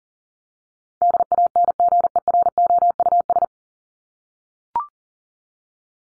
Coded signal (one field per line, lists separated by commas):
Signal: Morse code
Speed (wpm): 40 wpm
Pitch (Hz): 700 Hz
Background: none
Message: DANGEROUS